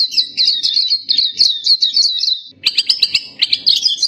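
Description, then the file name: Black-capped white-eye song: rapid high twittering warble of slurred notes for two and a half seconds, then a brief pause and a choppier burst of bright chirps. "suara kicauan pleci blackcapped"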